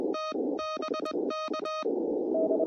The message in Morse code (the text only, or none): TBK